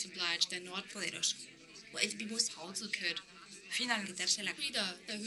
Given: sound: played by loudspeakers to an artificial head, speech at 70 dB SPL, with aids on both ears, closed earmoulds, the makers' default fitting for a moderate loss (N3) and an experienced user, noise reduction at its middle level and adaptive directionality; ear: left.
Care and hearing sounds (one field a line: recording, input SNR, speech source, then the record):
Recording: speech test signal (ISTS) in cocktail-party noise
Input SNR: +9 dB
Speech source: in front (0 degrees)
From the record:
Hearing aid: class 1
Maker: H